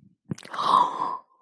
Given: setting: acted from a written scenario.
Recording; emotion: vocal sound without words; embarrassment